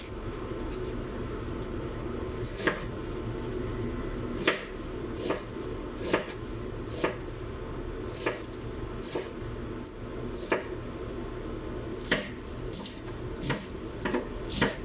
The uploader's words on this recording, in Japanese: 調理の音 鶏むね野菜炒め。キッチンでの物音をお送りします。主に鶏むね野菜炒め（一部卵とじ）を作っています。